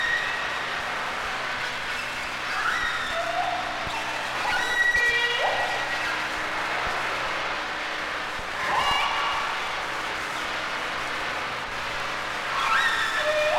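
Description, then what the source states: Killer whale calls overlapping: squeals, short upswept and downswept tones and thin whistles, repeated irregularly against steady underwater rushing noise. Recorded at sea.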